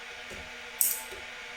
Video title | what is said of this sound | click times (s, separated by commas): Complete Tutorial: Mastering the Pure Distilling Still - From Start to Finish | you go click so then that's that one | 0.8 s